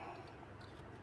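A motorcycle wiring harness plug is handled at the connector of an aftermarket headlight reflector unit for a Yamaha X-Ride 115, fitted with an original Osram 7955CW bulb and an on/off switch. Only a low, steady background hum with faint broadband noise is heard, with no distinct transients. Nothing has seated or clicked yet.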